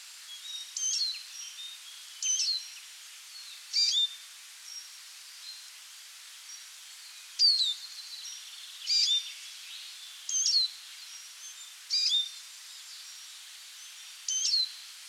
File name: Spinus spinus - Eurasian Siskin